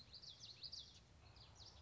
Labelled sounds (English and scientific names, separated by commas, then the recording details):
Common Yellowthroat (Geothlypis trichas)
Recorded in Sonoma County, California